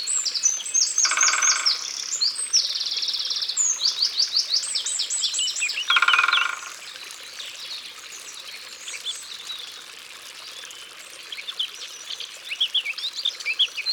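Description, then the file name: Great spotted woodpecker drumming in two short, fast rolls, among a busy chorus of high twittering and whistling songbirds. Recorded in Ardèche, France. "Pic Epeiche Concerts Naturels De l Ardeche"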